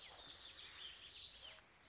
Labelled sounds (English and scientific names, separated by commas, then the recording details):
Warbling Vireo (Vireo gilvus)
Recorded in Sonoma County, California